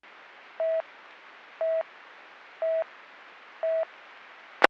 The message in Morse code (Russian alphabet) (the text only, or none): none